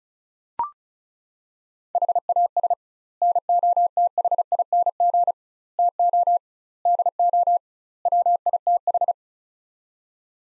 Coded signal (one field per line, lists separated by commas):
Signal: Morse code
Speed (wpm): 36 wpm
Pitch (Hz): 700 Hz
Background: none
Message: HAS NOTHING TO DO WITH